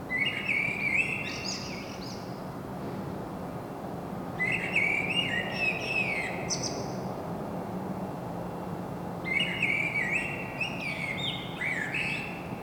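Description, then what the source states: Common blackbird with mellow, warbled song phrases, three in all, spaced about four to five seconds apart, each trailing into high twittering over a low steady drone. Singing, recorded in Saint-Gilles, Belgium, with a Sony PCM-M10 internal microphone.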